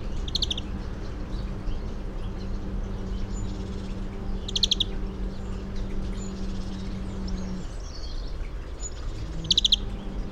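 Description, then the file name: European greenfinch giving three brief, fast twittering bursts several seconds apart, with a low steady hum and rumbling noise underneath. "Chloris chloris"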